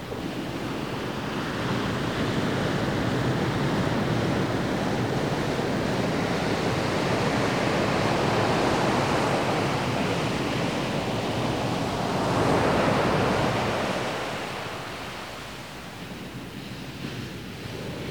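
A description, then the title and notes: Ocean surf rushes in a steady, dense wash of hiss and roar with no breaks. A wave swells and crests around twelve to thirteen seconds, then the sound eases and thins somewhat toward the end. A low rumble sits beneath throughout. Peaceful ocean surf.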